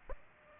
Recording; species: mosquito wingbeat signal from an infrared sensor; Aedes aegypti